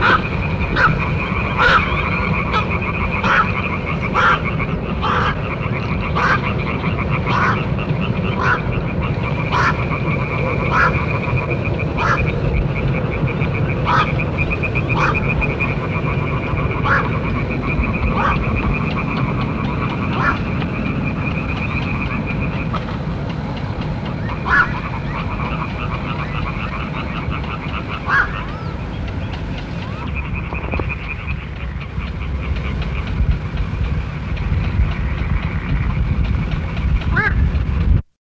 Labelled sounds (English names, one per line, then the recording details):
Black-crowned Night-Heron call
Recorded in the wild
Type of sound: call
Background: Hyla arborea
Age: diverse
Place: Marchegg, Niederösterreich, AT
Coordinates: 48.2621, 16.9117
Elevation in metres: 140
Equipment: Halbspur, 9,5 cm/s
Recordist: Lütgens, Hans
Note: Kolonie mit Jungen, Laubfrösche im Hintergrund